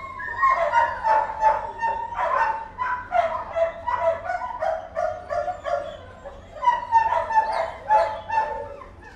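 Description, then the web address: Dogs barking almost without break, a quick run of overlapping barks that eases briefly in the middle before picking up again. More than one dog barking. "Tom Hutchings Dogs Barking"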